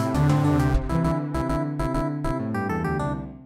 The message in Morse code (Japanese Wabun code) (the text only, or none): none